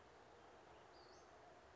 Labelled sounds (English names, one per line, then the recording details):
Western Flycatcher
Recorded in Sonoma County, California